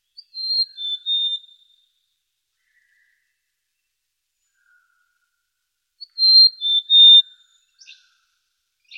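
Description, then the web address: Bird singing a short phrase of a pip and three pure whistled notes, repeated about six seconds later, followed by a few faint clicks. Birds singing at night in the mountains in calm weather. "le chant des oiseaux la nuit dans les montagnes par temps calme"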